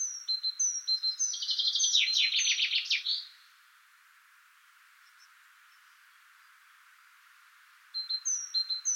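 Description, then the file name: Common chaffinch: a fast, dense rattling burst of notes, with thin high whistled notes before it and again after a quiet gap. "Fringilla coelebs"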